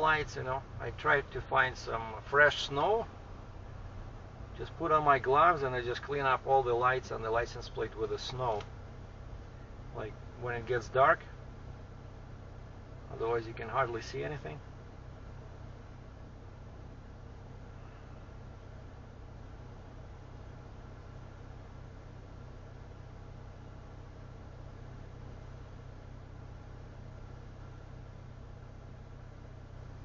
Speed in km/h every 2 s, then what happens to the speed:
8, 5, 0, 0, 0, 0, 0, 0, 0, 0, 0, 0, 0, 0, 0.
0-4 slows to 0. 4-30 standing.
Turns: none.